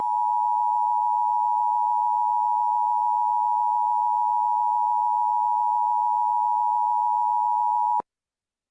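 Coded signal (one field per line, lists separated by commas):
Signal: Emergency Alert System (SAME) tones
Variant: 853 and 960 Hz attention tone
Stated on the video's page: Remake (recreation) of the 2021 National Periodic Test.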